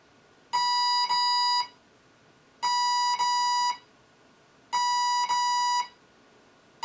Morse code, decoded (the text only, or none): none